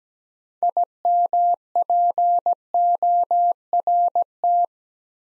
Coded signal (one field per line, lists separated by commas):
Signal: Morse code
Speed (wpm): 17 wpm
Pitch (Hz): 700 Hz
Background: none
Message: IMPORT